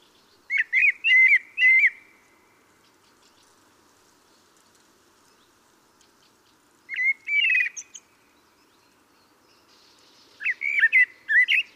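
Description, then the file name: Common blackbird singing short whistled phrases with a few high thin squeaks added, separated by pauses of about two to five seconds. "Turdus merula"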